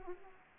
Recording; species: mosquito wingbeat signal from an infrared sensor; Aedes aegypti